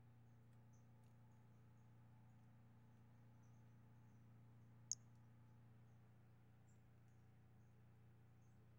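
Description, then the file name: Brachycephalus albolineatus giving faint, brief high-pitched notes scattered throughout, one sharp click partway, and a constant low electrical hum beneath. Recorded 5 February 2016. "Brachycephalus albolineatus 160205"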